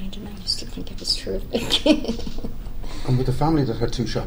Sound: laughs